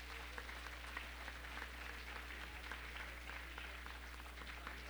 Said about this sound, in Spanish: Un aplauso muy fuerte, por favor, para ellos.